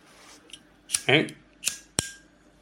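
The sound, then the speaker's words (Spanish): A lighter is flicked several times: sharp metallic clicks and snaps spaced about half a second apart, with a brief voiced sound between the first two. “Y tengo aquí un mechero.”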